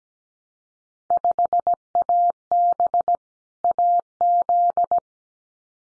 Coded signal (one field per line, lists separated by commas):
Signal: Morse code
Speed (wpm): 17 wpm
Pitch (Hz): 700 Hz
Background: none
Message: 5AB AZ